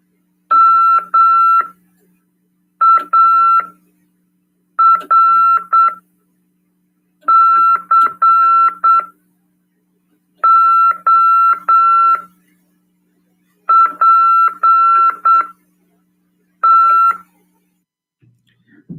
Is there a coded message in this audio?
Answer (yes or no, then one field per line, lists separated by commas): yes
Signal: Morse code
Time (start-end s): 0.5-17.1 s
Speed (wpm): 8 wpm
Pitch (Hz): 1340 Hz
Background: none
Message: MARCOPT